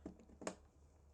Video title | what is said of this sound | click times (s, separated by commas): Testing Used PC Parts - Did I Get Ripped Off? | There we go. Wasn't as loud as a click, but it clicked. | 0.5 s